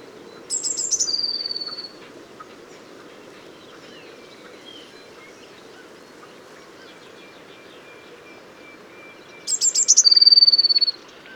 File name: Cyanistes caeruleus